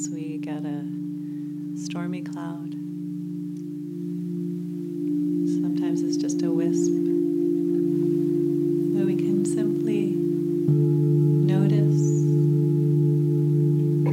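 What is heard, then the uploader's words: Tibetan singing bowls hum in a steady, low, layered drone that runs the whole time, with a second tone joining and thickening it near the eleventh second. A voice speaks in short phrases over the ringing, pausing often between bursts of words. Tibetan Singing Bowls.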